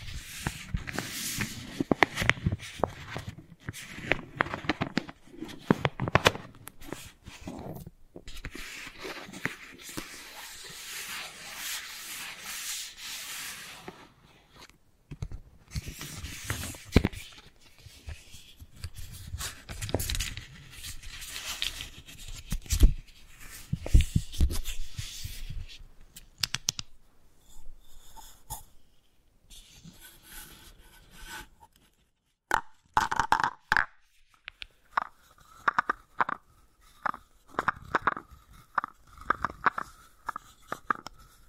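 Wooden balls clack and rub in irregular bursts of dense, bright clatter, with pauses, then sparser sharp taps and a few ringing knocks near the end.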